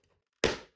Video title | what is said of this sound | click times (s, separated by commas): How to CORRECTLY Install an SSD Card into Your Playstation 5 | and there's the click all right so we got it back together | 0.4 s